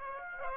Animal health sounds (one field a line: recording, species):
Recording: mosquito wingbeat signal from an infrared sensor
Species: Aedes aegypti